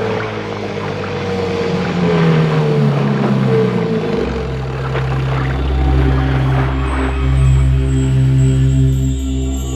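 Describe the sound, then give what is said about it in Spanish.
A motor launch approaches over water, its engine droning loudly and steadily with a deep harmonic hum whose pitch shifts down partway through, then settles into a lower, even throb with no voices. “Se abrió la escotilla y aparecieron unas figuras oscuras que botaron una lancha motora y se acercaron hasta nosotros.”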